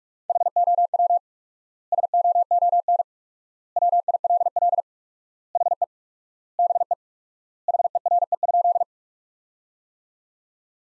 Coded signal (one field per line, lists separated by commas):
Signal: Morse code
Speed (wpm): 46 wpm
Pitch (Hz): 700 Hz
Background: none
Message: HOW SOON WILL HE BE HERE?